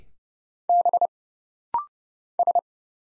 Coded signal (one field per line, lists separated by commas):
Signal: Morse code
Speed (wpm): 29 wpm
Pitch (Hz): 700 Hz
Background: none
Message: B S